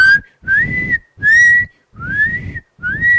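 Someone whistles four rising, gliding tones in a row, each a short bright note with brief gaps between, fairly loud with a breathy low rustle underneath.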